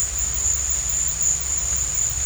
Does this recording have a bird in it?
no